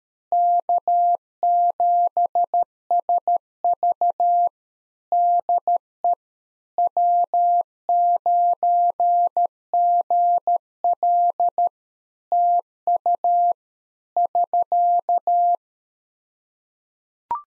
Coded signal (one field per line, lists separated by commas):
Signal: Morse code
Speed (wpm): 13 wpm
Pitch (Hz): 700 Hz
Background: none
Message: K7SV DE W9GL TU <SK>